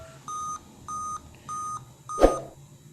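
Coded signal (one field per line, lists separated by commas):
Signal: beep code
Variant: Dell laptop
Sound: four evenly spaced short mid-pitched beeps, a thump during the fourth, then cut off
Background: small room, handling thump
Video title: beep sound on laptop 5 time #dell latitude beep sound 5times #hp laptop beep sound 5 times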